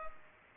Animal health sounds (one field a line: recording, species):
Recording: mosquito wingbeat signal from an infrared sensor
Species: Culex pipiens